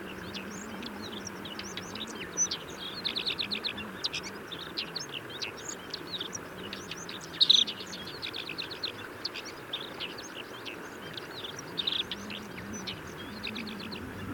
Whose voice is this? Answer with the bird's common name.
Alpine Accentor